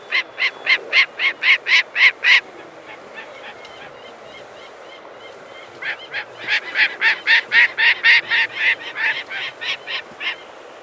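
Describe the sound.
Gyrfalcon harsh chattering calls: a rapid run of loud notes, a pause of a few seconds with fainter notes, then a second, longer run.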